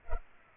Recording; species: mosquito wingbeat signal from an infrared sensor; Culex pipiens